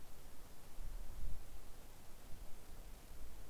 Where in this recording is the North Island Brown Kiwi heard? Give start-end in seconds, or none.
none